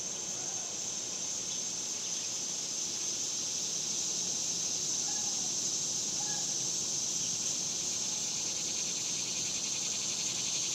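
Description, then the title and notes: Cicada chorus, a continuous shrill high-pitched drone holding level throughout, with faint scattered chirps beneath. Several cicadas outdoors in summer in the suburbs. "Ext Summer Cicadas, Suburbs by Bandeto"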